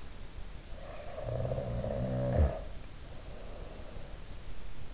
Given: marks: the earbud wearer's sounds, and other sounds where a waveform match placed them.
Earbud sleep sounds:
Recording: sounds in sleep by an in-ear microphone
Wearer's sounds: snoring breath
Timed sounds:
0.64-4.30 s: snoring breath

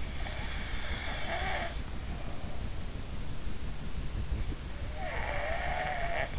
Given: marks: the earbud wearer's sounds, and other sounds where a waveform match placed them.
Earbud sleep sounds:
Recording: sounds in sleep by an in-ear microphone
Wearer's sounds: snoring breath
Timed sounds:
0.17-2.84 s: snoring breath
4.97-6.39 s: snoring breath

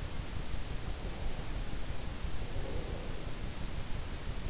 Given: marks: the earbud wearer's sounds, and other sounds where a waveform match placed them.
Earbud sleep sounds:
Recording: sounds in sleep by an in-ear microphone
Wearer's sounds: breath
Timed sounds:
1.16-3.77 s: breath

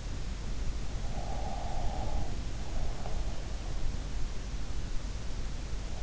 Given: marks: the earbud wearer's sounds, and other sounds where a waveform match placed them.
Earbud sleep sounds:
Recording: sounds in sleep by an in-ear microphone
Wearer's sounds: breath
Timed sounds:
1.10-3.22 s: breath

